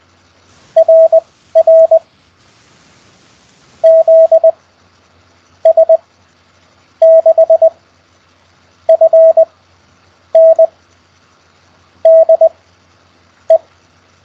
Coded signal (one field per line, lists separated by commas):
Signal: Morse code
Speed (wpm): 20 wpm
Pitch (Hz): 650 Hz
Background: none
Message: RR ZS6FN DE